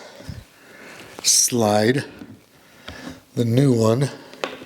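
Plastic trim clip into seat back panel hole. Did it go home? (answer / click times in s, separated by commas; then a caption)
no / none. A new plastic trim retainer clip is slid toward its mounting hole in the rear seat back panel while someone talks, with a few brief handling taps. Nothing has seated or clicked yet.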